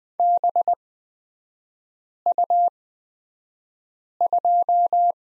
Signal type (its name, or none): Morse code